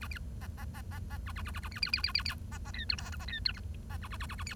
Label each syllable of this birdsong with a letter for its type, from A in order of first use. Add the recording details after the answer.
A B C C C C C A A A A A B B B B B B C C D E F G C D E H C A A A A A B. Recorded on 1 October 2012 at 10:45. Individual or60yw70